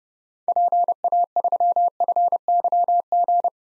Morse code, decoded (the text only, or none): PA3FYG